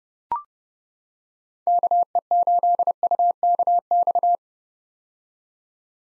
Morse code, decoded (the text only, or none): KE8UKX